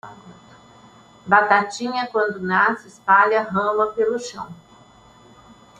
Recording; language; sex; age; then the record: short text; Brazilian Portuguese; female; 70 to 79 years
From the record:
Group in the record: control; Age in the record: 71 years